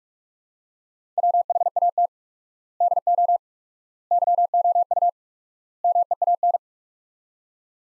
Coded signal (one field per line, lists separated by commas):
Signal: Morse code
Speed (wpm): 47 wpm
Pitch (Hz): 700 Hz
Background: none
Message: WHAT DO YOU MEAN